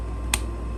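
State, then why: Seated. A knife blade is pushed back into a kydex sheath and locks in with a single sharp snap at 0.3 seconds, heard over a steady low hum. The knife is seated in the sheath.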